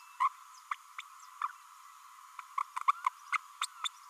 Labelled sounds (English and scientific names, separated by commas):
Green-rumped Parrotlet (Forpus passerinus) babbling